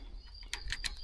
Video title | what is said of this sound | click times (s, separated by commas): павильна опрессовка | і до щілчка всьо защолкнули. | 0.5 s